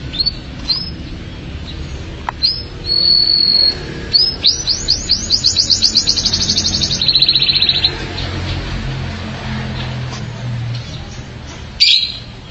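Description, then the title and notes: Canary song: bright high notes, a sustained whistle, then a fast series of rising chirps and a long rapid trill, with steady low background hum. "BM Suara Kenari. BM Suara Burung Kenari"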